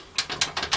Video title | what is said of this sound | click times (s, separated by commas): Building My New PC! December 2020! | and they lock into place | 0.2 s, 0.4 s